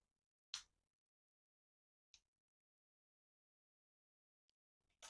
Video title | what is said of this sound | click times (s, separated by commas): Victorinox Fieldmaster Multi-Tool сustomization upgrade EDC | до характерного щелчка. | 0.5 s